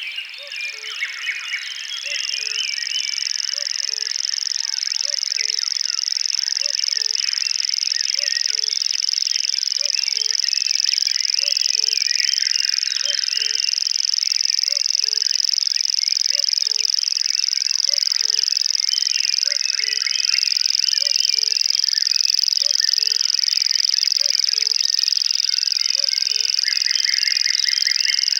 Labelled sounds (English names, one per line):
Common Grasshopper Warbler song